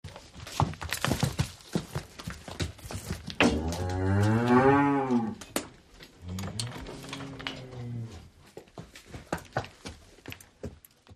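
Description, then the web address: Cattle mooing, a long, deep, rising-then-falling moo followed by a shorter second one, amid many sharp clattering sounds throughout. "cows"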